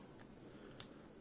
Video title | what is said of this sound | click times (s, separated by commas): CVLIFE Carbon Bipod review and comparison to Harris | and then it clicks back in so i can release it like that | 0.8 s